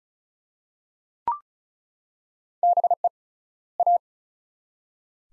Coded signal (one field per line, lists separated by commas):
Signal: Morse code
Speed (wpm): 34 wpm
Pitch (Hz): 700 Hz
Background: none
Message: BE A